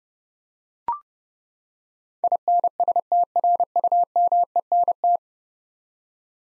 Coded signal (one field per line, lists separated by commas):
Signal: Morse code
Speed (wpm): 30 wpm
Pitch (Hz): 700 Hz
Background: none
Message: INSTRUMENT